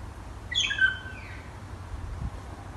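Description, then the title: Bird calls: a brief cluster of high whistled notes, some sliding downward, followed by quiet low background hum. Small birds singing at night on Kaukau mountain, New Zealand. "夜晚小鸟们的吟唱新西兰考考山"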